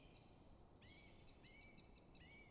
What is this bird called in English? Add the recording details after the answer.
Song Thrush. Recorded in Germany. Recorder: ecoPi